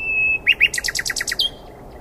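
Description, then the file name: Common nightingale phrase: a steady thin whistle, two loud sweeping notes, then a rapid string of repeated chirps ending on a buzzy whistle. "Luscinia megarhynchos"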